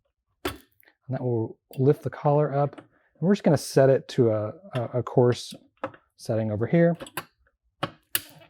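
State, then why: Seated. Someone talks while pressing the clip inward and lifting the adjustment collar of a Mahlkönig E65S GbW espresso grinder to move its metal burr-adjustment ring to a coarse setting. A few faint ticks follow, then the released collar clip snaps back into its detent with a sharp click at 8.2 s, seating in place.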